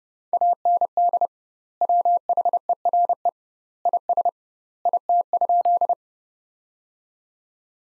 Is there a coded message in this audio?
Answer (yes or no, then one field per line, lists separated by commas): yes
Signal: Morse code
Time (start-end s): 0.3-5.9 s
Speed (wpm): 30 wpm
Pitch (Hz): 700 Hz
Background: none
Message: AND WHERE IS IT?